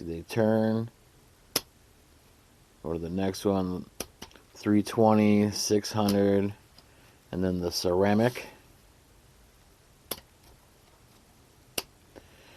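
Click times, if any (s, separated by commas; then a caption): 10.1 s, 11.8 s. A Work Sharp Precision Adjust knife sharpener's abrasive disc wheel is rotated on the sharpener body to the next grit, 320, then 600, then ceramic. Someone talks through most of the clip, with a sharp transient near 1.6 s. Clean detent clicks at 10.1 s and 11.8 s show the wheel indexing firmly into place, with a faint tick at 12.2 s.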